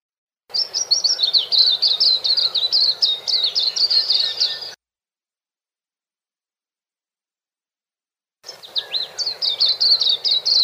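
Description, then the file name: White-eye song: rapid, high, thin twittering warble of quick rising and falling notes, one long burst, a silence, then another burst begins. "suara-kicauan-burung-kacamata-perak -omkicau"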